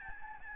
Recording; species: mosquito wingbeat signal from an infrared sensor; Aedes albopictus